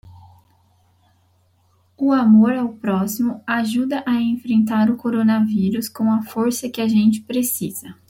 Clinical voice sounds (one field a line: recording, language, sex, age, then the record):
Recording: spoken sentence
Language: Brazilian Portuguese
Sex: female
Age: 20 to 29 years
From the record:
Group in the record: control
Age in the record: 29 years